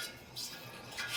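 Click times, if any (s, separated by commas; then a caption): none. A metal winch wheel for a boat lift is handled while being threaded down onto its winch shaft toward the brake, giving faint metallic scraping and clinking over a low background hum. Nothing has seated or clicked yet; the wheel is not yet fully threaded down or engaging the brake.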